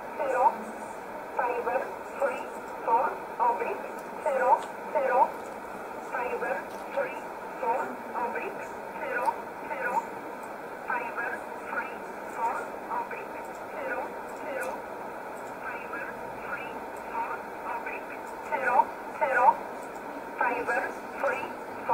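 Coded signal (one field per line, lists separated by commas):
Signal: numbers station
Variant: E11, English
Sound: short, evenly spaced spoken words in English over a narrow, noisy shortwave channel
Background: radio static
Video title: 01 06 2020 E11 Oblique Numbers station in English 0901 on 7449 unknown tx site in USB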